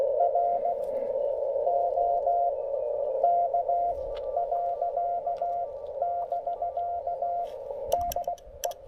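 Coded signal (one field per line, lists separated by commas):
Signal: Morse code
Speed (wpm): 20 wpm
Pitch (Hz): 690 Hz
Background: radio noise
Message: R O K . <BK> DE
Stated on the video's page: QRP park activation with a Penntek TR-45L Skinny, amid interference (QRM).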